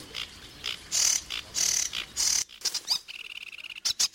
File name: Phragmite des joncs